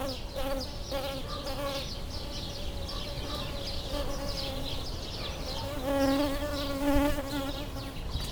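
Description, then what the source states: Bumblebee buzz, a low continuous drone that grows louder in its later part. Bumblebees approaching a flowering lavender, recorded with a pair of microphones placed in the plant.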